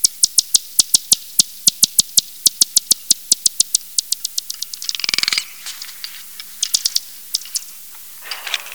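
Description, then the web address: Bat echolocation clicks: sharp, dry ticks repeated several times a second and speeding into a rapid buzz, followed by scattered clicks and hissy bursts. From a bat lab recording labelled blindness, perspex. "batlab blindness perspex"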